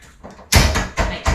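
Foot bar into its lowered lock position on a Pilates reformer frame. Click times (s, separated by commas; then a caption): 0.5 s. The foot bar of a Pilates reformer is lowered out of the way, dropping into its lowered locking position on the reformer frame with one sharp clunk at 0.5 s. Two more loud bursts follow at about 1.0 s and 1.3 s. The foot bar is locked into place.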